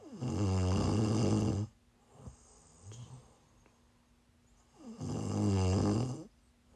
ASMR snoring.